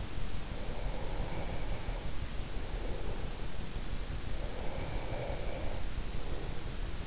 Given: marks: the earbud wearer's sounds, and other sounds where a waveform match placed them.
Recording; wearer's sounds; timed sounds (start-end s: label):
sounds in sleep by an in-ear microphone; breath
0.64-3.36 s: breath
4.52-6.85 s: breath